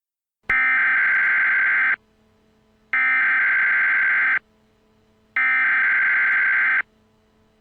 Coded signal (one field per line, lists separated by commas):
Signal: Emergency Alert System (SAME) tones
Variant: header bursts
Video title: EAS Scenario | QUEBRA DE CONTENÇÃO SCP-096 | Illusion